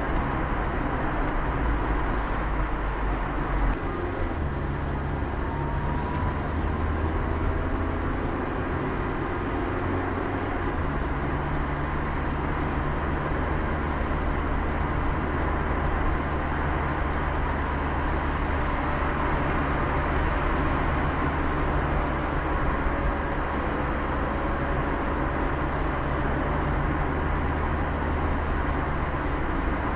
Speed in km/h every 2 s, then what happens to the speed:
54, 54, 54, 53, 52, 52, 53, 54, 56, 56, 58, 57, 58, 59, 59.
0-30 steady at about 54.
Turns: none.